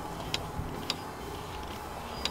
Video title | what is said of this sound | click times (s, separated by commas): 4-Way Adjustable Head Restraints - Feature Friday | You'll be able to hear a little clicking sound | 0.3 s, 0.9 s, 2.2 s